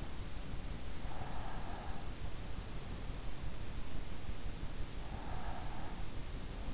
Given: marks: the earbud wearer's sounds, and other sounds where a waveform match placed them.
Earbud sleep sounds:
sounds in sleep by an in-ear microphone; breath
1.02-2.39 s: breath
5.01-6.74 s: breath

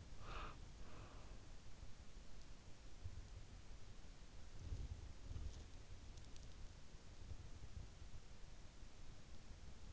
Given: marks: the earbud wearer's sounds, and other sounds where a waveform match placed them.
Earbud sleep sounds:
sounds in sleep by an in-ear microphone; breath
0.00-1.82 s: breath

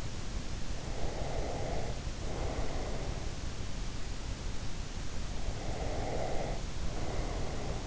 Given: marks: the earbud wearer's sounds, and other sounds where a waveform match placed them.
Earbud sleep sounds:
sounds in sleep by an in-ear microphone; breath
0.83-3.29 s: breath
5.76-7.86 s: breath

